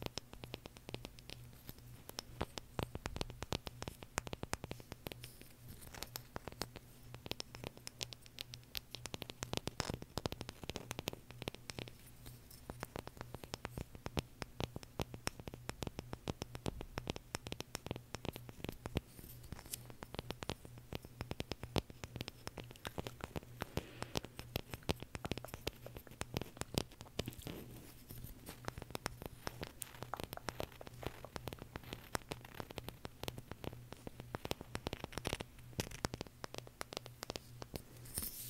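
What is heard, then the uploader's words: ASMR tapping: dense, rapid clicks and taps fall continuously across the whole clip, like crackling rain on a hard surface. A steady low hum sits underneath throughout, and the tapping stays even in pace and loudness without pauses. ASMR Tapping For Sleep (No Talking).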